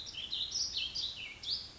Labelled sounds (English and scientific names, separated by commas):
Warbling Vireo (Vireo gilvus)